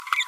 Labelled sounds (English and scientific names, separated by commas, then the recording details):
Green-rumped Parrotlet (Forpus passerinus) babbling
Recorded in a nest box in Venezuela
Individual 18B25A3